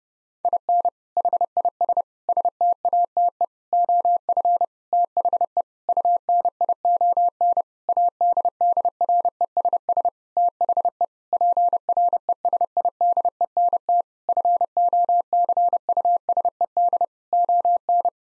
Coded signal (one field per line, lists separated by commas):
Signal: Morse code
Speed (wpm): 30 wpm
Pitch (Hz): 700 Hz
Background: none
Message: IN HIS STATE OF THE UNION ADDRESS THE PRESIDENT FOCUSED ON